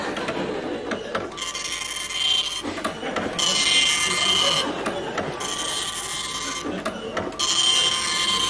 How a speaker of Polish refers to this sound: Długo się drukuje. Stara drukarka. Stara drukarka.